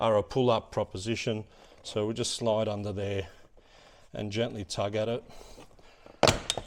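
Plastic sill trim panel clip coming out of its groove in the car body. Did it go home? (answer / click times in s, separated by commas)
released / 6.2 s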